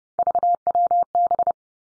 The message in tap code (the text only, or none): none